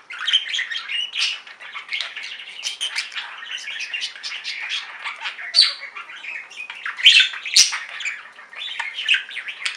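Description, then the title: Budgerigar chatter, a steady stream of scratchy warbles, clicks and short squawks with brief louder peaks near the end. "Budgie Sounds"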